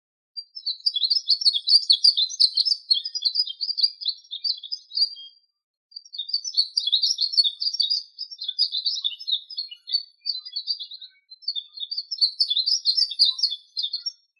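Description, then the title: Bird song of rapid, high chirping twitters running in long bursts, broken by brief pauses around six and eleven seconds. "LuckyPassaros CompletosSama"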